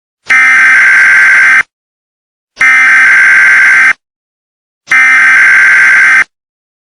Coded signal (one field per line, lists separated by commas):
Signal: Emergency Alert System (SAME) tones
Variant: header bursts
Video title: eas alarm ep 1